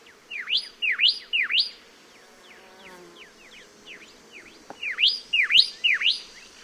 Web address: Songs of Birds of North America Know Your Bird Sounds. Pyrrhuloxia